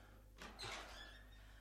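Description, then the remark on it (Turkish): A door creaks and slides open in one brief, scraping motion over a low steady hum, then the sound fades back to quiet. “Açın kapıyı.”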